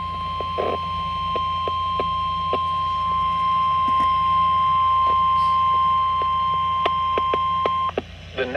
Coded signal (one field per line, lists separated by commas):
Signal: Emergency Alert System (SAME) tones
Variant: 1050 Hz attention tone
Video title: EAS Severe Thunderstorm Warning on NOAA Radio (6/29/2025) EAS #523